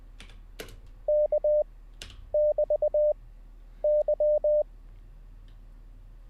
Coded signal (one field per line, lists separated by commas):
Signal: Morse code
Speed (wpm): 20 wpm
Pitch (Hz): 600 Hz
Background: none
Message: K<BT>Y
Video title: How To Learn Morse Code LIVE with N0SSC (Day 11)